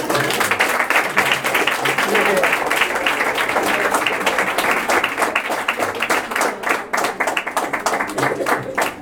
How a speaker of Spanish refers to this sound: Un aplauso para todos.